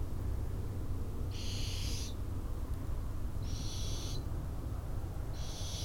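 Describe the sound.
Barn owl giving harsh, hissing screeches, each lasting under a second and repeated about every two seconds, over a steady low rumble.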